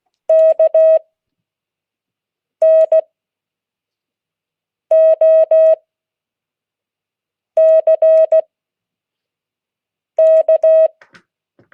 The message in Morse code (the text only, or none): KNOCK